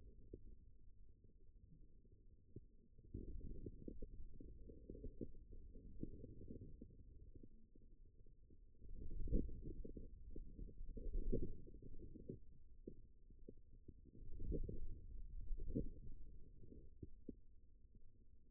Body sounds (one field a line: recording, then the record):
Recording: forearm muscle sounds (acoustic myography)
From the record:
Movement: wrist flexion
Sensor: system 2, bracelet of six BSWA MPA416 microphones around the upper forearm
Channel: 6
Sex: male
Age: 22 years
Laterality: right